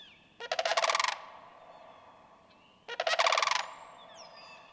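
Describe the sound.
Sandhill crane sounding two rapid, pulsed, rattling trumpet calls a couple of seconds apart, with soft chirps of other birds.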